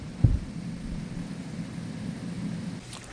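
The corner top cap of an office panel system is handled and lined up over the four alignment pins at a panel junction, with a low thump at about 0.3 s followed by a steady low rumble and faint handling noise. Nothing has seated or clicked yet; the clip ends just before the cap goes home.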